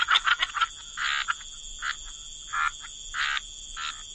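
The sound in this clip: Frog chorus: a quick cluster of short clicks and croaks, then spaced raspy croaks every half second or so, over a steady high whine.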